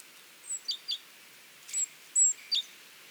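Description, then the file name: Great tit calls: thin high whistles alternating with paired sharp, falling chirps, loosely spaced across a few seconds. "Parus major"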